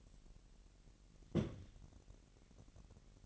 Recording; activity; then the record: daily activity, microphone in the room; place on stove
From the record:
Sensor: 4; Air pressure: 1012.9 hPa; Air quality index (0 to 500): 238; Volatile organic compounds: 4 ppm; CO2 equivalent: 1586 ppm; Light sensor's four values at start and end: 30/71/29/28 and 30/72/29/29